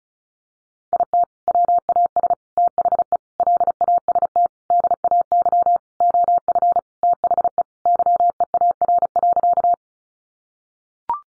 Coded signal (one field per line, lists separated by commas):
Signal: Morse code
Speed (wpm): 34 wpm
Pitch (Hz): 700 Hz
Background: none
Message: IT WAS THE LAST DAY OF THE YEAR.